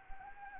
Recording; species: mosquito wingbeat signal from an infrared sensor; Anopheles arabiensis